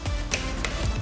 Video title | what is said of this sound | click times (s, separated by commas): Pit bike upgrades - Honda 2021 Crf110 Skid plate, Sprocket cover, Shift shaft brace | there's our click there i'll | 0.7 s